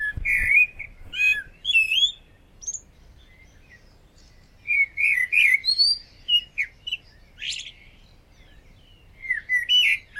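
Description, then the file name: Common blackbird giving several bursts of fluty warbling with high squeaky ends, broken by quiet gaps. "Turdus merula"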